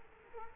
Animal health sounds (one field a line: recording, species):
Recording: mosquito wingbeat signal from an infrared sensor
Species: Culex quinquefasciatus